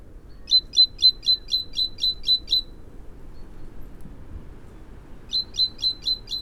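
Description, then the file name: Great tit call: a rapid, regular run of about eight sharp high chirps, a pause of nearly three seconds, then another run of about five. "Parus major"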